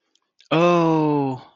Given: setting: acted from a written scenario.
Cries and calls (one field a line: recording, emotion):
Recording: vocal sound without words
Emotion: adoration